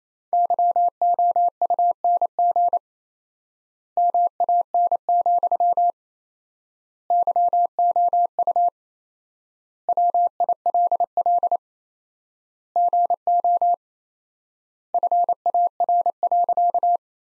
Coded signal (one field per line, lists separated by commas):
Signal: Morse code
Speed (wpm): 28 wpm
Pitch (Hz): 700 Hz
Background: none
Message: YOUNG MAN, YOU WILL GO FAR.